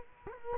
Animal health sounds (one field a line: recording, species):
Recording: mosquito wingbeat signal from an infrared sensor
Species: Culex quinquefasciatus